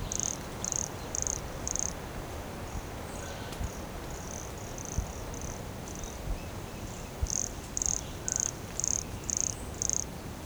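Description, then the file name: Pumpkin toadlet calls: brief high-pitched buzzy notes repeated roughly every half second, strong at the start and end, softer in between, with faint hiss behind. Recorded at Morro do Canal in January 2017, 150 cm from the microphone. "Brachycephalus sulfuratus Morro do Canal 150 cm from microphone LFRibeiro JAN-2017"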